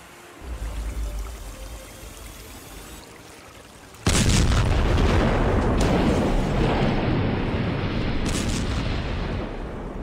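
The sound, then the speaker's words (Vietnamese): A low rumble gives way to a sudden, massive explosion of a fuel depot at Nhà Bè port in Saigon at night, set off in a special forces attack, followed by a sustained, loud roaring blast with a couple of further bursts flaring through it. “Vụ nổ kho xăng giữa đêm khuya làm rung chuyển Sài Gòn.”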